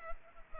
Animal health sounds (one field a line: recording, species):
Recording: mosquito wingbeat signal from an infrared sensor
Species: Culex pipiens